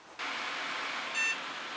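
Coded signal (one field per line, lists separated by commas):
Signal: beep code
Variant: PC POST beep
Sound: one short electronic beep over a steady whooshing computer fan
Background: fan noise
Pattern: 1 short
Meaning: One short beep means the power-on self-test passed and the PC is booting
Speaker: Oh, I like a good post beep in the morning.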